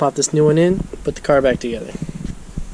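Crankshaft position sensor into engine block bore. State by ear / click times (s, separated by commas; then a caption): not seated / none. A new crankshaft position sensor for a 2005-2009 Mustang GT's 4.6 L V8 is handled, about to be pushed into its bore in the engine block, while someone talks. Faint small handling noises sit under the voice. Nothing has seated or clicked yet.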